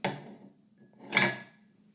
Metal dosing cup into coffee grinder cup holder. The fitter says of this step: I hope that you can see it, but it's perfectly snapping into place.